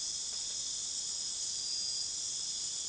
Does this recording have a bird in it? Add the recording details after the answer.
no. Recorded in dense forest near Puerto Asís, Putumayo, Colombia, on 29 June 2025 at 01:00. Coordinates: 0.484, -76.325. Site H65